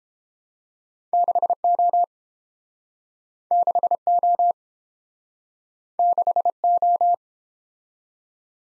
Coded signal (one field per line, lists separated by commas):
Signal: Morse code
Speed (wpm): 28 wpm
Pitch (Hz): 700 Hz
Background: none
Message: 6O 6O 6O